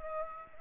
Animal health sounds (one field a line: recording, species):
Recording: mosquito wingbeat signal from an infrared sensor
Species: Aedes aegypti